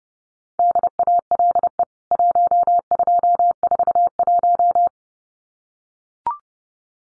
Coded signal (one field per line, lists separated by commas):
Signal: Morse code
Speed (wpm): 30 wpm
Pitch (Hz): 700 Hz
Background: none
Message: DALE 1241